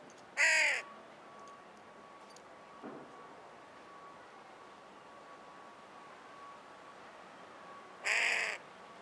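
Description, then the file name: Carrion crow giving two harsh, hoarse caws, one near the start and one near the end, separated by a long quiet stretch with a faint steady tone and a soft tap. "Corvus corone - Carrion Crow"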